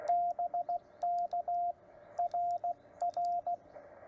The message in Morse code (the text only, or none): BK RR